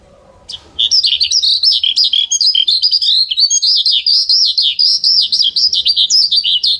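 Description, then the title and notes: Bird song, a continuous rapid warble of high wavering notes starting after a brief soft opening, sustained through to the end. Birdsong for training pet birds. "Suara Burung. Suara Kicauan Burung untuk memaster burung kesayangan"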